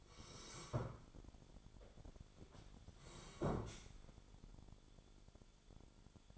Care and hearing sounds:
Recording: daily activity, microphone in the room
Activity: sit down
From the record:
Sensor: 5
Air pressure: 1015.3 hPa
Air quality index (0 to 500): 185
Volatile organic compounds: 7 ppm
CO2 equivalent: 2005 ppm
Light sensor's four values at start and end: 35/81/32/31 and 35/80/32/31

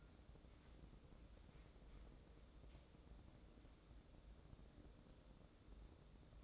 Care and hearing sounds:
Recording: daily activity, microphone in the room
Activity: wipe stove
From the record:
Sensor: 3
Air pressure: 1012.3 hPa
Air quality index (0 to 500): 174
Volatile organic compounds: 3 ppm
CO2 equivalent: 1324 ppm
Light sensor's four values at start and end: 603/1499/619/632 and 598/1486/614/626

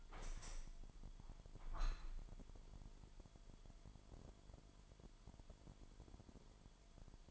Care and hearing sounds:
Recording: daily activity, microphone in the room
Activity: open window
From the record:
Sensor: 5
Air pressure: 998.1 hPa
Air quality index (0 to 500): 97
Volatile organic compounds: 2 ppm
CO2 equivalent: 1111 ppm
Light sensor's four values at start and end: 25/61/25/28 and 26/61/25/28

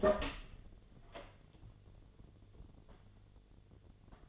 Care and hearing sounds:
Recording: daily activity, microphone in the room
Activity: open door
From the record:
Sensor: 4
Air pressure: 1008.0 hPa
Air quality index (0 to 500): 180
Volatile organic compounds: 5 ppm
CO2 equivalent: 1809 ppm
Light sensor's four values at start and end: 23/73/28/27 and 23/73/28/27

